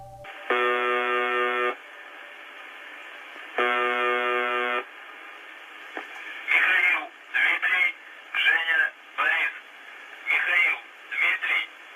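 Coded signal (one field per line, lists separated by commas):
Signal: numbers station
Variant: UVB-76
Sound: two low harsh monotone buzzes about three seconds apart, then talking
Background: speech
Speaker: UVB-76 en zoemer - zijn bijnamen die radioluisteraars geven aan een kortegolfradiostation met een frequentie van 4.625 kHz.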